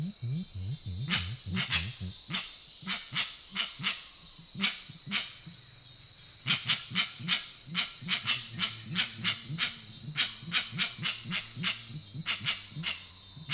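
Grey-winged trumpeter calls: low, soft hoots tumbling in quick runs that pause and restart, overlaid by loud crackling clicks and a steady high-pitched insect hiss.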